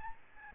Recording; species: mosquito wingbeat signal from an infrared sensor; Aedes albopictus